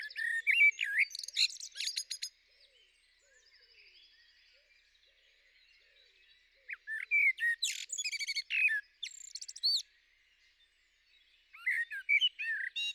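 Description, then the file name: Eurasian blackbird song: three bursts of varied, high, twittering and warbling phrases separated by pauses. "Merel"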